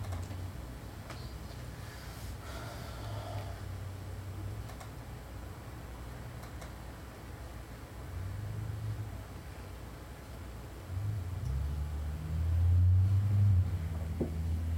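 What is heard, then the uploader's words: Traffic passes outside as a steady low rumble that swells around eight seconds and grows heavier from about eleven seconds on, peaking near thirteen. A few faint clicks and brief higher noises sit over a constant quiet hum. A moment of "silence" held in my home office/studio. The sound of traffic passing outside is audible, as well as the faint hum of my stereo receiver; the turntable is still spinning, but the needle has been lifted.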